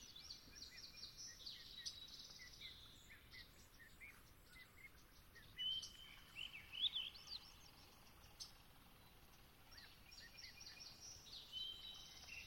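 Dusk at Long Swamp: a dense chorus of high chirps and trills runs the whole way through, with many birds calling over one another. A few louder, clearer whistled calls stand out around six to seven seconds, over a steady low hiss of background noise.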